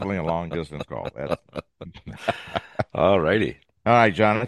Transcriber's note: laughs